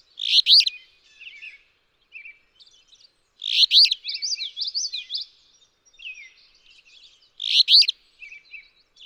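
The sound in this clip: Alder flycatcher singing a harsh, burry phrase three times, roughly every three and a half seconds, while a second bird adds quick high twittering between phrases.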